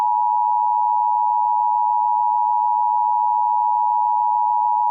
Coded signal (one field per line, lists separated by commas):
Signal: Emergency Alert System (SAME) tones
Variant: 853 and 960 Hz attention tone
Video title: EAS Scenario | Smile Dog (#93)